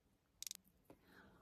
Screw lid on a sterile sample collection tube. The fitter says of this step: Once we've heard the click, we are going to press down the white button to let the